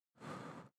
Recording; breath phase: one breath near a microphone; exhalation